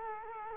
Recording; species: mosquito wingbeat signal from an infrared sensor; Culex quinquefasciatus